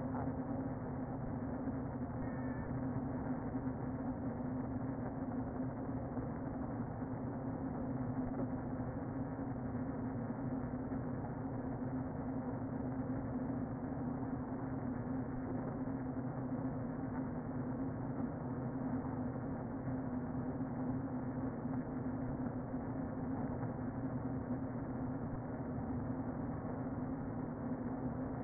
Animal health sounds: honeybee colony, microphone inside the hive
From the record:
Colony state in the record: queen present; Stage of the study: before two queens were removed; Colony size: about 60,000 bees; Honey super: yes

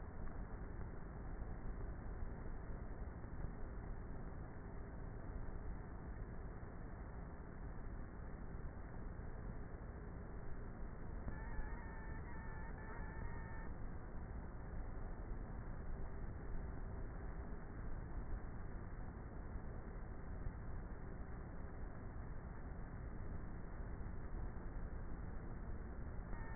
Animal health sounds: honeybee colony, microphone inside the hive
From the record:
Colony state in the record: queenless with a low population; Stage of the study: before two queens were removed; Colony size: about 30,000 bees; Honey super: no

